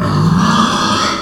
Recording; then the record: squeal of a Yucatan mini pig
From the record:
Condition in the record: after surgery on the right vocal fold (resection and tissue-engineered implant); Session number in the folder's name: 17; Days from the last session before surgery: 195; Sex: female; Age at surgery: 19 weeks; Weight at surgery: 25 kg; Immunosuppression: prednisolone